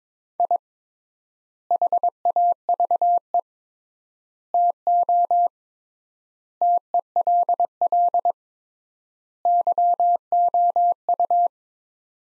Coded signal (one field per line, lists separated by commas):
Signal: Morse code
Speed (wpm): 21 wpm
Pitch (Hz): 700 Hz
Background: none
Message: I HAVE TO TELL YOU